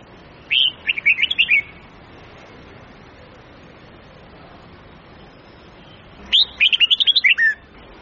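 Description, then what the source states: Red-whiskered bulbul singing two fast, chattering phrases of several bright, jumpy notes each, separated by a long pause, with soft background hiss. Huế-type bulbul; long-phrase song with 9 to 12 notes, changing its phrasing continuously.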